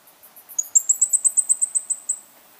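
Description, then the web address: Green-and-black fruiteater call: a run of about twelve very high, thin notes, fading toward the end. Recorded in Ecuador. "Natures Songs S America Birds of Ecuador Green-and-black Fruiteater"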